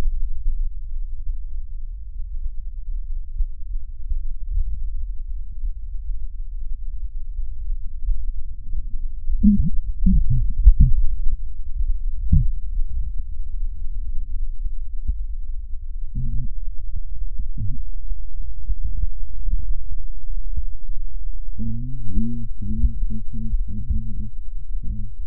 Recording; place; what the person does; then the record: lung sounds by stethoscope; left posterior apical chest; quiet breathing, then cough and speech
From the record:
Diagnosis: none (healthy); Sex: male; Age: 35 years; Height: 186 cm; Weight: 108 kg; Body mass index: 31.2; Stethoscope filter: bell mode